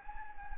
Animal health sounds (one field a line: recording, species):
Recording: mosquito wingbeat signal from an infrared sensor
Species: Anopheles gambiae